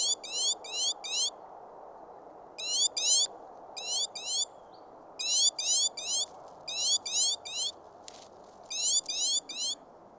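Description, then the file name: Great tit song: bright, rhythmic notes repeated in short runs of two to four, with pauses between runs over a steady low rumble. "Parus major"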